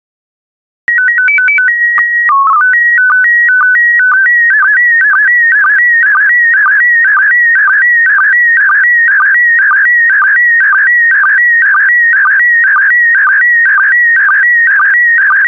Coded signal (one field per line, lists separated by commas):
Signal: SSTV (slow-scan television)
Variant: PD 120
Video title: 82070 San Francisco SSTV PD120